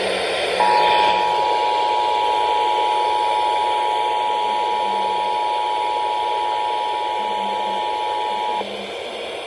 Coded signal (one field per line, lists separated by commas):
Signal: Emergency Alert System (SAME) tones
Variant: 853 and 960 Hz attention tone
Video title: SVR and FM Relay EAS 213 - 214